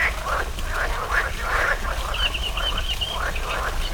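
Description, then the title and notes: Frogs croak in quick rough pulses, with a rapid high twittering trill in the second half and a low hum behind. Frogs in a small pond at the Orto Botanico botanical garden, Bologna, Italy, 5 July 2018; frogs there croak on spring mornings; made for the Zona U sound mapping project. "05.07.18 Rane allOrto Botanico. There is also a small pond populated with frogs croaking on spring mornings. Recorded for the Zona U sound mapping project"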